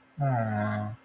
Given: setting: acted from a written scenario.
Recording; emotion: vocal sound without words; sympathy